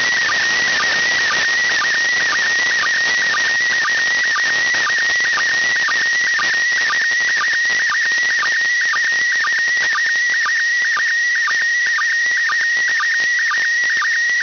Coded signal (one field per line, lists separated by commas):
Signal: SSTV (slow-scan television)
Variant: PD 120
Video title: First SSTV decoding attempt with SDRplay nRSP st on Wideband mobile antenna VHF